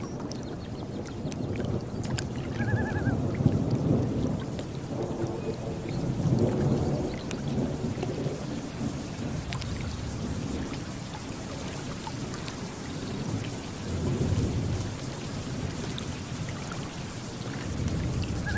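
A thunderstorm over a lake, with low rumbling swells of thunder rolling in around 3, 6, 9 and 14 seconds beneath a steady hiss of rain. A brief high call rises near 3 seconds, and soft water lapping continues throughout.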